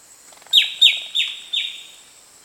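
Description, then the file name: Bird calls: four sharp chirps, each sliding quickly downward, given in quick succession over about one second, with a steady high hiss behind. "SABIOD 50 bird 2015"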